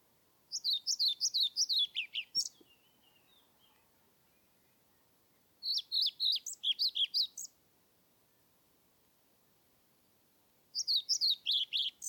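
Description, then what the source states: European Pied Flycatcher song: three bursts of quick, high, sweet notes with pauses between, the last cut off, over quiet background. Submitted recording from Nordvik, dated 25 May 2021, made with a Zoom recorder.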